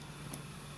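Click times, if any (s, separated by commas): 0.3 s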